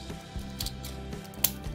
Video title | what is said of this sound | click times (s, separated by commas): 胡服騎射的變形金剛分享時間 1833集 真人電影二 D級 死路 Transformers ROTF Deluxe Dead End | 啊，有了，你看咔的一声没有，我没骗你嘛对不对。 | 1.4 s